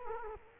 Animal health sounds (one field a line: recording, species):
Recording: mosquito wingbeat signal from an infrared sensor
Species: Culex quinquefasciatus